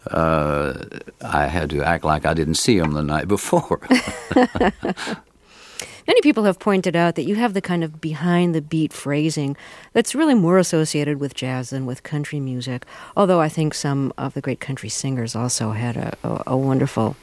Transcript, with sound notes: I had to act like I didn't see them the night before.
(Soundbite of laughter) Many people have pointed out that you have the kind of phrasing that's really more associated with jazz than with country music, although I think some of the great country singers also had a wonderful